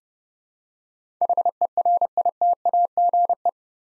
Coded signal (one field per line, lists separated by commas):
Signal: Morse code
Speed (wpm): 30 wpm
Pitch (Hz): 700 Hz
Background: none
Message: HERITAGE